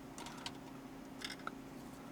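A plastic trim piece or microphone holder at the factory microphone location in a BMW E90 car interior is worked by hand, making a few light plastic ticks and scrapes. It clicks free at 1.5 s, unlocking the piece.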